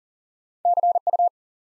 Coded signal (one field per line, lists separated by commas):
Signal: Morse code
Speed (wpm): 41 wpm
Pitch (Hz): 700 Hz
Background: none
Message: CU